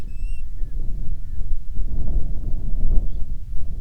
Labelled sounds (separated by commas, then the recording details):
bird, wind
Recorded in the Prudhoe Bay oil fields, Alaska, on 10 July 2019 at 09:27
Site 11